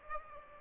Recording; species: mosquito wingbeat signal from an infrared sensor; Aedes aegypti